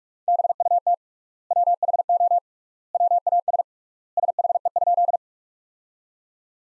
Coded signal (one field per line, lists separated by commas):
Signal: Morse code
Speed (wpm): 47 wpm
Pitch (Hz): 700 Hz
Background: none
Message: BUT WHO WAS SHE?